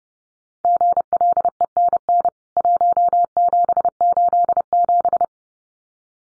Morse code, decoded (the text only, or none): GLENN 1787